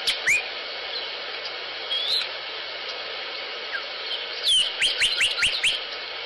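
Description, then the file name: Sinaloa Wren calls: a few sharp whistled notes early, then a quick run of four or five rising, slurred whistles near the end, over steady hiss. Recorded 25 August 2008. "Sinaloa Wren 20080825"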